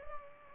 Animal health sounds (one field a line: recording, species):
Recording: mosquito wingbeat signal from an infrared sensor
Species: Culex pipiens